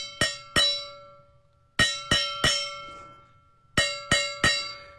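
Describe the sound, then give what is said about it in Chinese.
A four-layer 304 stainless steel vacuum-insulated food jar with a copper-plated layer is struck eight times in quick groups of two, three and three, each sharp metallic clang ringing out with a bright, sustained tone that slowly fades between hits. “听着那种回音，那种钢质，外边一层不锈钢，对吧？”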